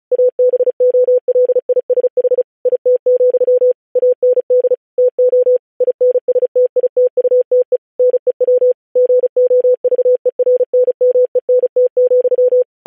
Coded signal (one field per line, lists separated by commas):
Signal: Morse code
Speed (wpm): 36 wpm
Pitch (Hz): 500 Hz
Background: none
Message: ABOLISH IT, AND TO INSTITUTE NEW GOVERNMENT,